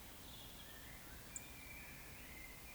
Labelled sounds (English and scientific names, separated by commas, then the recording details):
Eurasian Woodcock (Scolopax rusticola) whistle
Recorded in Baden-Württemberg, Germany, on 19 May 2021 at 18:51 UTC
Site 24608, 624 m above sea level